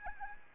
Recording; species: mosquito wingbeat signal from an infrared sensor; Aedes albopictus